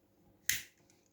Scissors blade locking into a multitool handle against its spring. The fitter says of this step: Hear that definite click, that positive click, that engages the spring.